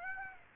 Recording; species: mosquito wingbeat signal from an infrared sensor; Aedes aegypti